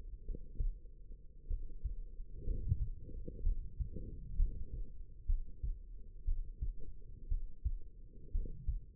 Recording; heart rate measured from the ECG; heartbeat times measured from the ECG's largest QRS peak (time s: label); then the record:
heart sounds by stethoscope; 59 bpm
0.24 s: heartbeat
1.47 s: heartbeat
2.44 s: heartbeat
3.42 s: heartbeat
4.36 s: heartbeat
5.26 s: heartbeat
6.24 s: heartbeat
7.28 s: heartbeat
8.31 s: heartbeat
From the record:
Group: healthy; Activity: rest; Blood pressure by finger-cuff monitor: 111/71 mmHg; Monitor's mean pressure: 81 mmHg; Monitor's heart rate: 60 bpm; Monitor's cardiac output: 5 L/min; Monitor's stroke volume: 78 mL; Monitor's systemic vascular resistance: 1200 dyn s/cm5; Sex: female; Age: 22 years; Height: 171 cm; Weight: 65.6 kg